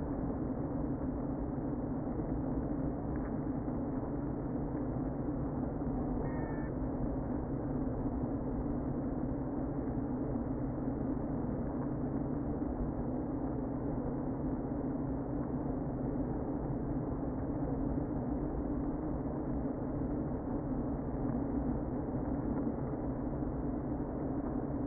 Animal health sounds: honeybee colony, microphone inside the hive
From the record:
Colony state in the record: queen present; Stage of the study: before two queens were removed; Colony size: about 60,000 bees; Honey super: yes

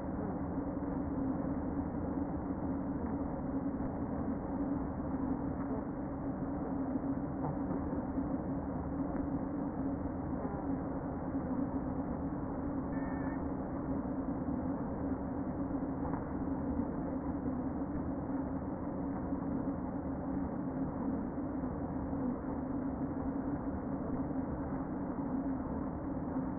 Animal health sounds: honeybee colony, microphone inside the hive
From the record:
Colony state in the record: queen present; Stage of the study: before two queens were removed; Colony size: about 60,000 bees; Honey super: yes

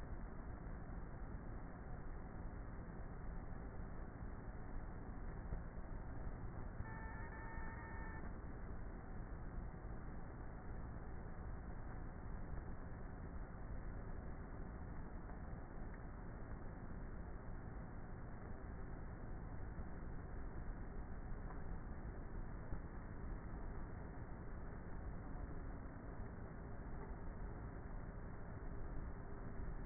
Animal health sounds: honeybee colony, microphone inside the hive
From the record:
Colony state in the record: queenless with a low population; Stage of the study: before two queens were removed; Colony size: about 30,000 bees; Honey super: no

